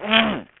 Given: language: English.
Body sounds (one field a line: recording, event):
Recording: throat vibration sensor signal played as sound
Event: throat clearing